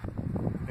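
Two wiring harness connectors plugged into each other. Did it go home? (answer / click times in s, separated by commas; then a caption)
yes / 0.5 s. Two plastic wiring harness connectors from an E85 conversion kit on a Subaru are pushed together into each other until they latch. Soft handling noises lead up to a positive click at 0.5 s, and the connectors are seated.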